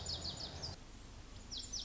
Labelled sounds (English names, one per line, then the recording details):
Lazuli Bunting
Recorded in Sonoma County, California